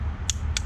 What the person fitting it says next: there you go you hear that audible click that means we've hit 11 Newton M